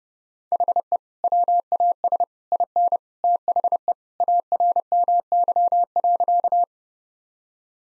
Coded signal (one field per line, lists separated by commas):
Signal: Morse code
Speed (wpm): 30 wpm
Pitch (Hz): 700 Hz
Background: none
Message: HE WAS IN THE ARMY.